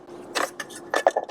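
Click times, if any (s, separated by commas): 1.1 s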